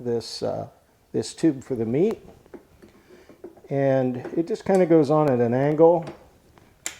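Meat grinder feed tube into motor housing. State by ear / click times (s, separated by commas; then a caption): seated / 6.9 s. On an electric meat grinder, the meat feed tube is put on at an angle and turned against the motor housing while someone talks. A few faint knocks follow, then a sharp click at 6.9 s as the tube seats and locks onto the motor housing.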